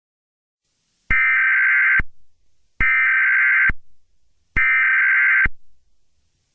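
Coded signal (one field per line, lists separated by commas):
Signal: Emergency Alert System (SAME) tones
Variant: header bursts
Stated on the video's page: Fictional EAS scenario, remastered preview.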